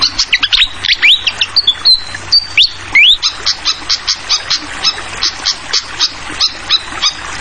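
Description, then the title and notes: Fantail song: high whistled notes, some rising and some level, mixed with quick chirps, over a steady splash and patter of flowing water. Tutoring recording (masteran) for training songbirds, described as having a clear voice, mixed with the sound of flowing water. "Masteran Sikatan Kipas Suara Jernih Dan Suara Gemericik Air. Suara Burung Sikatan Londo"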